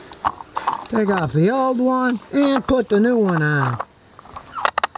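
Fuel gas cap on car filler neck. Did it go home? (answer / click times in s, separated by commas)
yes / 4.8 s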